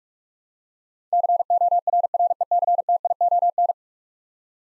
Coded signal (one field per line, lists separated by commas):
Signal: Morse code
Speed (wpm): 43 wpm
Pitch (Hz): 700 Hz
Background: none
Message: CORRECTION